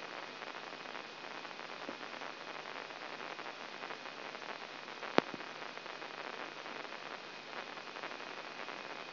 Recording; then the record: brain microelectrode recording played as sound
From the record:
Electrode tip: inside the subthalamic nucleus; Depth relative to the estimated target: -4 mm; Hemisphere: left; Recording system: AlphaMap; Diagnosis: Parkinson's disease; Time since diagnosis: 9 years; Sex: male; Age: 66 years